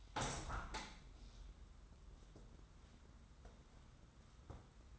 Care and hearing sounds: daily activity, microphone in the room; open window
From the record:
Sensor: 3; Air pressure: 994.4 hPa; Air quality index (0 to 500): 204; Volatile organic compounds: 1000 ppm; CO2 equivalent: 6823 ppm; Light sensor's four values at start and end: 94/225/90/83 and 107/250/102/95

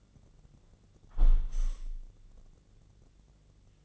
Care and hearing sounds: daily activity, microphone in the room; close window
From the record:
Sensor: 4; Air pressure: 1013.0 hPa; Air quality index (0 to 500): 172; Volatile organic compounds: 2 ppm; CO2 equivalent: 1082 ppm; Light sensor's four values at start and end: 57/142/58/61 and 60/149/61/63

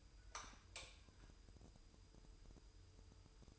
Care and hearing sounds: daily activity, microphone in the room; light on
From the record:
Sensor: 2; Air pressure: 988.3 hPa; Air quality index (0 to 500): 192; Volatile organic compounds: 194 ppm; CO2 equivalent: 4193 ppm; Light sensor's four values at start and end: 6/15/6/7 and 11/34/13/13

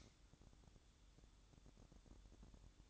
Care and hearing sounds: daily activity, microphone in the room; light on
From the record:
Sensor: 3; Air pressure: 1007.8 hPa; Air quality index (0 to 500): 93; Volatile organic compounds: 1 ppm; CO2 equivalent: 788 ppm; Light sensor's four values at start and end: 11/27/11/11 and 17/46/19/18

